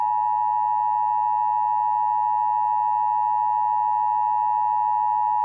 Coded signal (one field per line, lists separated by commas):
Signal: Emergency Alert System (SAME) tones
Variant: 853 and 960 Hz attention tone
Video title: EAS Local Area Emergency Northwestern Arizona (Mojave County)